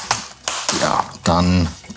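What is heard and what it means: A plastic keyboard for an HP EliteBook 850 G6 laptop is hooked in at the bottom with its tabs engaged and handled over the laptop top case, with sharp taps at about 0.1 s and 0.5 s while someone talks. Nothing has seated or clicked into the chassis yet.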